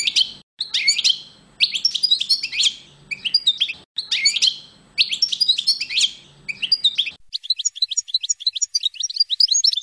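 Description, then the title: European goldfinch song in repeated twittering phrases with short pauses, then a thinner, higher run of rapid tinkling notes in the final seconds. "chardonneret"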